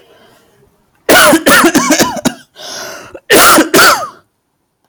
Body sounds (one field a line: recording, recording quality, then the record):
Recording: heavy voluntary cough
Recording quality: excellent, no background noise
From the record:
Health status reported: healthy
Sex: male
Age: 25 years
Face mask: not worn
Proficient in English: yes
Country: India